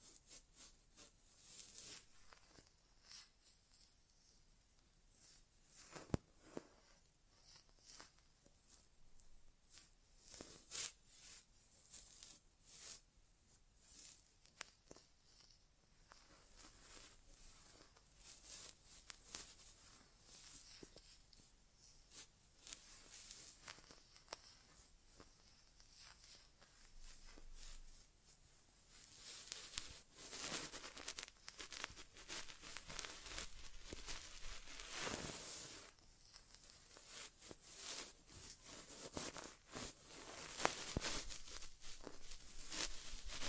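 An inner ear exam without talking: soft scratchy rustles and crackles, denser and brighter after thirty seconds, with occasional sharp taps throughout.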